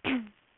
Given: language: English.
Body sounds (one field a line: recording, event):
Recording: throat vibration sensor signal played as sound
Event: throat clearing